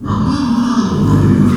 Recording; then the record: squeal of a Yucatan mini pig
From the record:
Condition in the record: after surgery on the right vocal fold (resection and tissue-engineered implant); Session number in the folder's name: 12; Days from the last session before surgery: 105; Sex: female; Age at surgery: 19 weeks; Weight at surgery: 25 kg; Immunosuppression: prednisolone